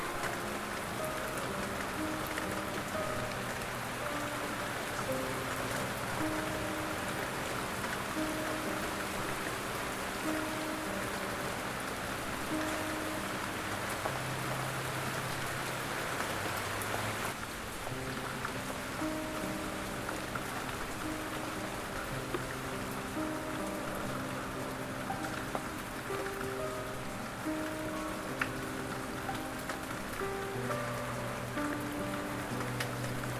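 Light rain falls steadily throughout, a dense, even patter filling the upper range. Underneath, a soft piano plays slow, sustained notes and low chords, changing every second or two. Around seventeen seconds there is a slight shift in the rain's texture.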